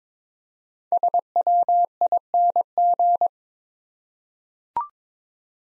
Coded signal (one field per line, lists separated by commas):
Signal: Morse code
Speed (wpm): 22 wpm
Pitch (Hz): 700 Hz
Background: none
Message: SWING